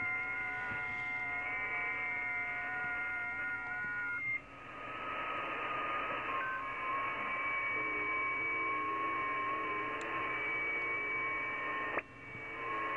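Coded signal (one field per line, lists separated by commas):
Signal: FT8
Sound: several faint steady whistling tones at once inside hiss, shifting set after a break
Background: radio static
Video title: V84SAA, Brunei ASIA, 10MHz, FT8, Worked by HL2WA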